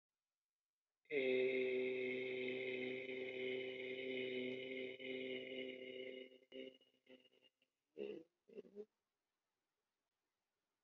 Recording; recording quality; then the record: sustained vowel as in made; excellent, no background noise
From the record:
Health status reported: exposed to COVID-19, no respiratory illness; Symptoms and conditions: none ticked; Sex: male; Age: 42 years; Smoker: not ticked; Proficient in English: yes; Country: India